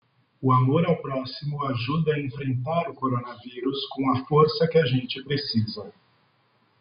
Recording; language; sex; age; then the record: spoken sentence; Brazilian Portuguese; male; 30 to 39 years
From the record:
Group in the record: control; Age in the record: 35 years